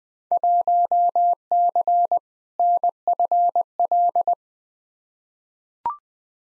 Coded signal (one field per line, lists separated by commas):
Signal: Morse code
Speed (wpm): 21 wpm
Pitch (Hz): 700 Hz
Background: none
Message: 1C NFL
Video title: Field Day Exchange v2 - 20wpm